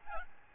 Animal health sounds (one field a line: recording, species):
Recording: mosquito wingbeat signal from an infrared sensor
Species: Aedes albopictus